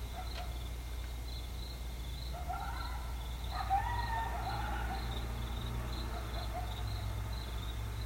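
Coyote howls, a few faint overlapping quavering tones, over regular insect-like pulses and a deep background drone.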